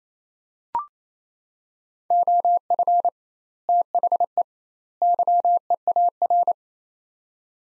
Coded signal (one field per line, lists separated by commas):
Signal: Morse code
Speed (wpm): 28 wpm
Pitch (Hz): 700 Hz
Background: none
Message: OF THE YEAR